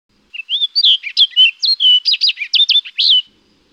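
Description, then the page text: Orchard oriole song, a rapid jumbled run of sweet whistled and slurred notes, rising and falling, lasting about three seconds with no other sounds. "Orchard Oriole. Quick Sounds"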